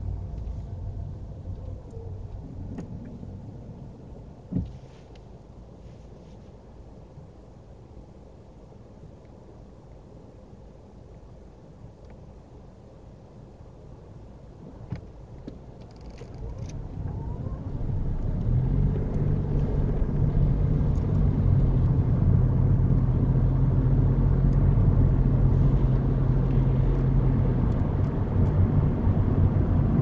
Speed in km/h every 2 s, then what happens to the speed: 3, 0, 0, 0, 0, 0, 0, 6, 19, 27, 31, 34, 39, 40, 40.
1-13 standing. 13-25 pulls away to 40.